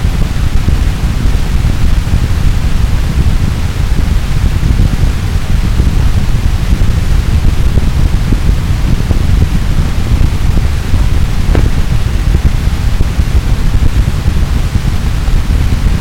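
A prickly wall of harsh noise, dense and unbroken from start to finish at a constant, loud level. A heavy low rumble churns beneath a hissing, crackling top layer, with a brief brighter flicker around eleven seconds.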